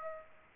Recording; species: mosquito wingbeat signal from an infrared sensor; Aedes aegypti